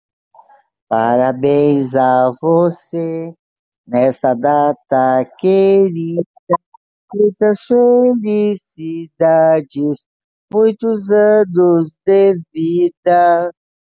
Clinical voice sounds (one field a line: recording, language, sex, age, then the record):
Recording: short text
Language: Brazilian Portuguese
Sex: female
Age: 80 to 89 years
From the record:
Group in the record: control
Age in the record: 80 years